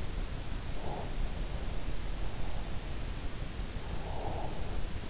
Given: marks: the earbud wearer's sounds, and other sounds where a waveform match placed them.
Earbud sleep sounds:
sounds in sleep by an in-ear microphone; breath
0.59-1.31 s: breath
3.87-4.68 s: breath

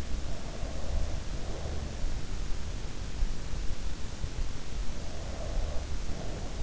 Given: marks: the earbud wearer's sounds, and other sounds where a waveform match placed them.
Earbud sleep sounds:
sounds in sleep by an in-ear microphone; breath
0.23-2.12 s: breath
5.03-6.63 s: breath

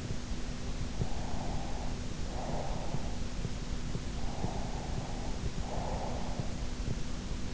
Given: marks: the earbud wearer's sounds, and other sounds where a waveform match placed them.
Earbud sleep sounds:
sounds in sleep by an in-ear microphone; breath
1.07-3.15 s: breath
4.33-6.77 s: breath

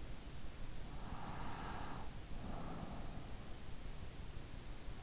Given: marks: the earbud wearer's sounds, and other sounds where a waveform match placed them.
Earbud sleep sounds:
sounds in sleep by an in-ear microphone; snoring breath
0.94-3.58 s: snoring breath

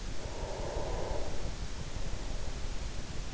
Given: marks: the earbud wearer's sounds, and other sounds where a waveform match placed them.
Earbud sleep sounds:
sounds in sleep by an in-ear microphone; breath
0.00-3.23 s: breath

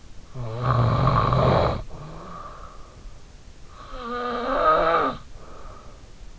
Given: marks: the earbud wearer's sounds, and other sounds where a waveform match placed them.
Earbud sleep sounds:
sounds in sleep by an in-ear microphone; snoring breath
0.06-2.86 s: snoring breath
3.66-5.83 s: snoring breath

